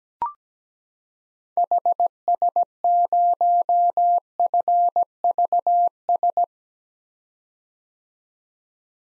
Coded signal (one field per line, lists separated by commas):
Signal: Morse code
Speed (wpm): 17 wpm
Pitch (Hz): 700 Hz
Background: none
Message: HS0FVS